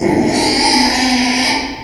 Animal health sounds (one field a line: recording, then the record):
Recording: squeal of a Yucatan mini pig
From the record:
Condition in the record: after surgery on the right vocal fold (resection and tissue-engineered implant)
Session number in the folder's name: 2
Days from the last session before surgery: 13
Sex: male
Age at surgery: 12 weeks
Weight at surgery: 13 kg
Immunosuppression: cyclosporine, prednisolone